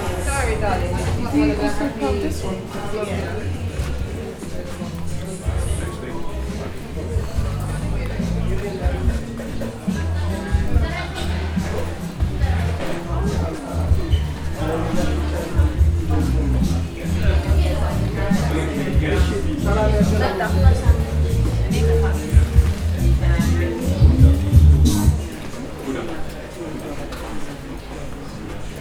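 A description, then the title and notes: A short walk through Brixton, full of overlapping voices and chatter that never lets up. A dense, steady bed of low rumble runs underneath, with scattered knocks and footsteps and a brief brighter burst near the 25-second mark. From the green wall, we take a short walk through Brixton.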